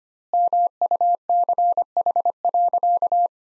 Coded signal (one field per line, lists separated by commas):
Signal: Morse code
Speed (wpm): 25 wpm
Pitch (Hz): 700 Hz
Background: none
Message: MUCH.